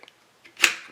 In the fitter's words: and it clicks into place.